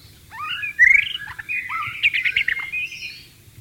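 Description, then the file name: White-rumped shama song, one continuous phrase of sliding whistles, a bright rising note and rapid chattering trills. Wild bird, in the wild. "suara burung murai batu di alam liar"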